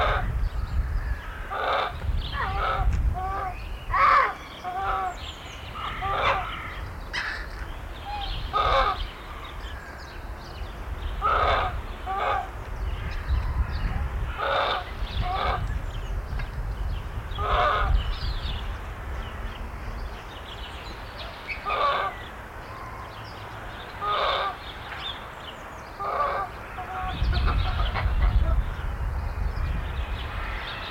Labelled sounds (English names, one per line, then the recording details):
Japanese Macaque
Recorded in captivity
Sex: female
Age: adult
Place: Zoo Berlin, Berlin, DE
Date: 1994-02-05 10:00
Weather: heiter bis wolkig, 0 °C, Wind
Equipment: Marantz CP 430, Sennheiser MKH 416 T, Kopie Uher Variocord 263
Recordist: Tembrock, Günter